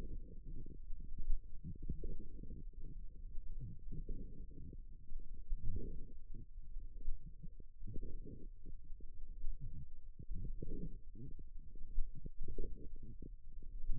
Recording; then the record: forearm muscle sounds (acoustic myography)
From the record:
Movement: forearm supination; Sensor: system 1, eight BSWA MPA416 microphones around the upper forearm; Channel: 6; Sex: female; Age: 21 years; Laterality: right